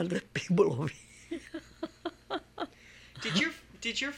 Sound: she laughs

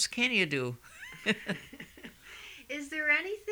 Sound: they laugh

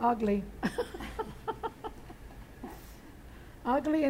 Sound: they laugh

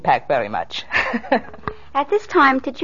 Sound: she laughs

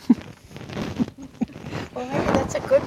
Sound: both laugh

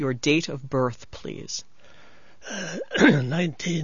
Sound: he clears his throat

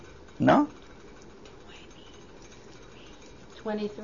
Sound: whispering is heard off-mike

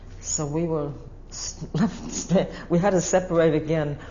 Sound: she laughs

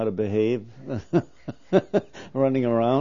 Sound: he laughs

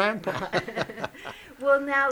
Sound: they laugh

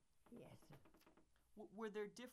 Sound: a creaking sound is heard in the background

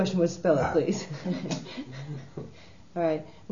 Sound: laughs

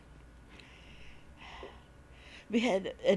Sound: she sighs

